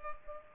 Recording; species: mosquito wingbeat signal from an infrared sensor; Culex pipiens